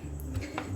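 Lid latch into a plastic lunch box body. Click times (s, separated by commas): 0.2 s, 0.6 s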